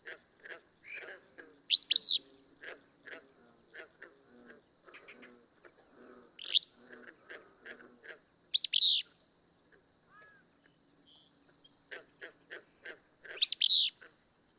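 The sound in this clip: Willow flycatcher song: several explosive buzzy phrases at irregular gaps, with scattered faint bird chips and a persistent high-pitched whine.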